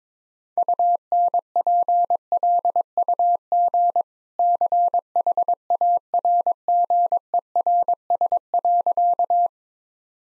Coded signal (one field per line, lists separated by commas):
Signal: Morse code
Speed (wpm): 22 wpm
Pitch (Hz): 700 Hz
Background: none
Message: UNPLUG CHARGERS.